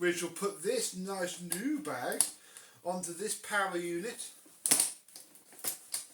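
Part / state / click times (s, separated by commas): dust bag into vacuum cleaner power unit / not seated / none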